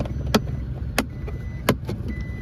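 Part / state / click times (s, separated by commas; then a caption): rear AC vent panel into pickup interior trim / seated / 0.3 s, 1.0 s, 1.7 s. A plastic rear air-conditioning vent panel is pressed into the interior trim of a 2020-or-later Isuzu pickup over a low steady background. Three sharp snaps ring out at 0.3, 1.0 and 1.7 seconds as its clips lock, and the panel is seated in place.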